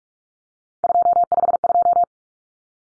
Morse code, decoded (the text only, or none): 252